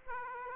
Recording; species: mosquito wingbeat signal from an infrared sensor; Aedes aegypti